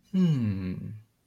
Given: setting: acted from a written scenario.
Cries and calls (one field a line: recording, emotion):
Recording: vocal sound without words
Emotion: interest